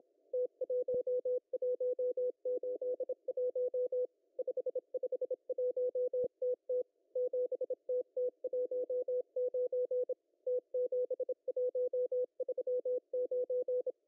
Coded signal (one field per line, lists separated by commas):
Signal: Morse code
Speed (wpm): 26 wpm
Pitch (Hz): 500 Hz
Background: none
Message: T1181 551TT 7TT19 T7139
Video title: M12 5863kHz CW 0030UTC 03/10/2023